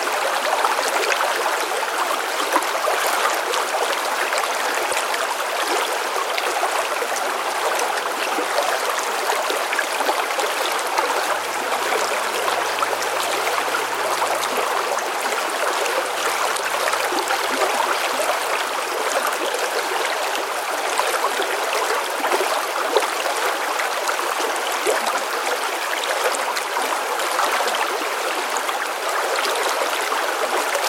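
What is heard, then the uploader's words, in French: A river rushes past at close range, its steady hiss and splash filling everything from the middle up to the bright top with no pauses or swells. Beneath it, a faint low hum comes and goes between roughly seven and twenty seconds. Au bord d'une rivière - bruit blanc.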